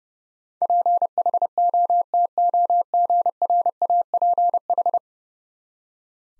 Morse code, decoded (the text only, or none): PHOTOGRAPH